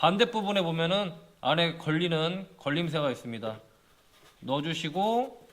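A plastic nozzle is inserted into the body of a Milwaukee M18 BBL cordless blower, lined up with the locking groove so it can then be twisted to lock in place and no longer come off. A man talks throughout, with no distinct handling sounds standing out. Nothing has seated or clicked yet; the clip ends before the nozzle is twisted home.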